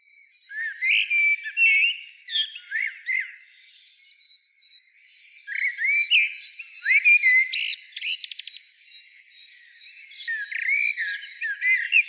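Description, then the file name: Common blackbird singing repeated mellow, fluty warbles with high squeaky flourishes, several phrases following one another. "Turdus merula"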